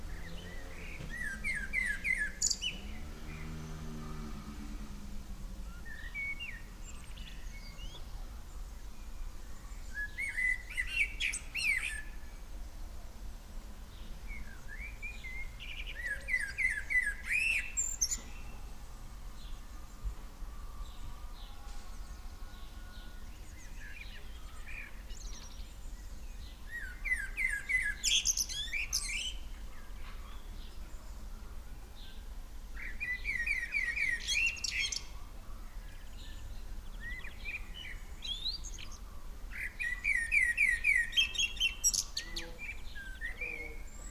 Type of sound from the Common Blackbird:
song